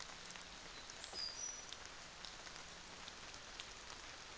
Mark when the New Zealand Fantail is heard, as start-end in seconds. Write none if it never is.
none